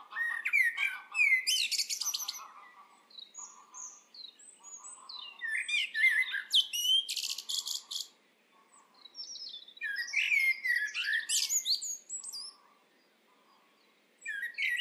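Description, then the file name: Common blackbird song of mellow warbled notes ending in shrill twitters, repeated in several phrases. "Turdus merula"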